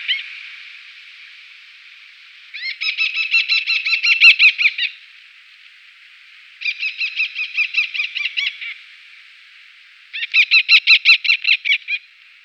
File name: eleonoras falcon